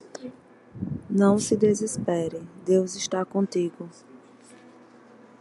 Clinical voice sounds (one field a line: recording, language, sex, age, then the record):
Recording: short text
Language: Brazilian Portuguese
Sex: female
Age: 40 to 49 years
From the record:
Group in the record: control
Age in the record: 40 years